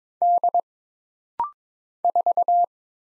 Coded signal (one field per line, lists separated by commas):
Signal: Morse code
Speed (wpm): 22 wpm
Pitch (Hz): 700 Hz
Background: none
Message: D 4